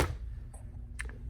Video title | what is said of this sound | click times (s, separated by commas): Reviewing & Demo Of The Dyson Competition, The Aposen H250 Cordless Vacuum! Works GREAT! | You can see right there, it just snaps into place. | 1.0 s